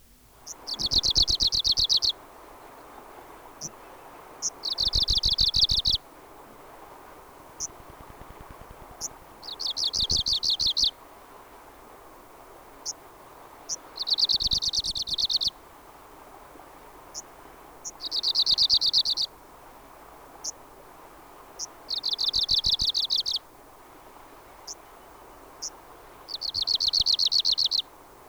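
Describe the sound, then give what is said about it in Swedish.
Arctic warbler song: six high, dry, rapid trills, each lasting a second or two, repeated at steady intervals with short thin call notes in the pauses between them. “Det var rödvingetrast, nu följer nordsångare.”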